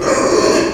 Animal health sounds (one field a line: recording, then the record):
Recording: squeal of a Yucatan mini pig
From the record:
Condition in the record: before surgery on the right vocal fold (resection and tissue-engineered implant)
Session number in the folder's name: 1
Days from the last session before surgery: -3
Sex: male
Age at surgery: 12 weeks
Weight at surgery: 13 kg